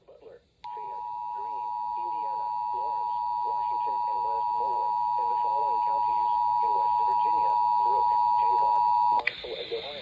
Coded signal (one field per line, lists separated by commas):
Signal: Emergency Alert System (SAME) tones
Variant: 853 and 960 Hz attention tone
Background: speech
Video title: Severe thunderstorm watches and a severe thunderstorm warning EAS #30-31